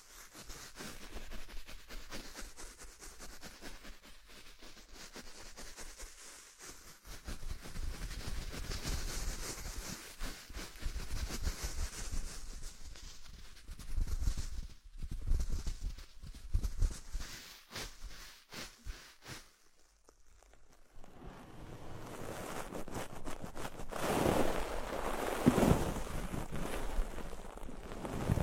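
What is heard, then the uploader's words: Deep ear cleaning and massage with soft rubbing and scratching that swells and fades in uneven bursts, growing louder and rougher after twenty seconds. Enhanced version of deep ear cleaning, massage.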